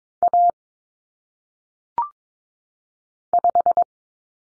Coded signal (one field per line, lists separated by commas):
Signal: Morse code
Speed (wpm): 22 wpm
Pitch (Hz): 700 Hz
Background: none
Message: A 5